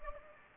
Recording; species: mosquito wingbeat signal from an infrared sensor; Anopheles gambiae